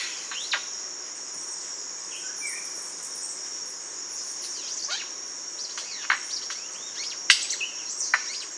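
Bird calls, brief falling chirps that become more frequent toward the end, set against an unbroken high insect whine.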